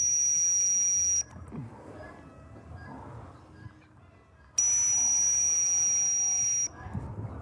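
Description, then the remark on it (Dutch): Two long, shrill whistle blasts used to call a herd of about 40 pigs in a field of tall grass, each a steady piercing high tone lasting a second or two, separated by a stretch of quiet rustling and low background noise. “Nou, dan ga ik fluiten.”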